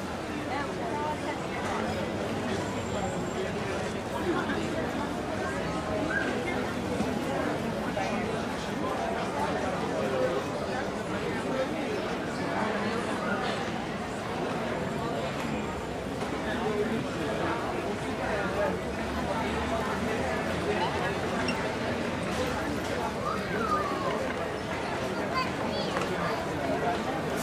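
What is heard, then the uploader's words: Restaurant sounds: a steady, dense wash of overlapping voices and chatter holds an even level throughout, with faint clinks now and then. Restaurant Sounds.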